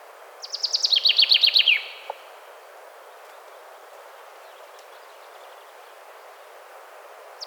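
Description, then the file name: Common chaffinch gives one short rattling phrase of quick repeated notes lasting about a second and a half, then mostly quiet hiss with faint clicks. "Fringilla coelebs"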